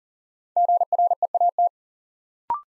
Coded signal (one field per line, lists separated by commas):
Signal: Morse code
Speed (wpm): 37 wpm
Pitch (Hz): 700 Hz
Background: none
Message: GREAT